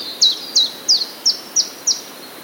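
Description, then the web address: Common chiffchaff: six bright, abrupt down-slurred notes delivered at an even, unhurried pace, with only light hiss behind. Recorded on 17 April 2017. "wroblowe kontra pierwiosnek 17 04 2017"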